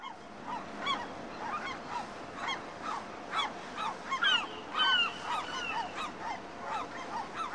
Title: Harbor Harmony: The Serene Sounds of a Fishing Harbour and Seagulls